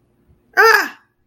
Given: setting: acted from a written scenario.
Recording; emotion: vocal sound without words; fear